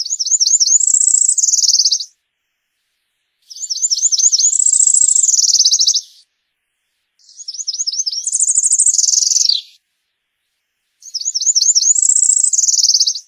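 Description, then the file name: Warbler song: four high, buzzy phrases, each a run of quick looping notes then a fast trill, spaced by short pauses; one phrase ends in a falling slur. "Canto da mariquita azul"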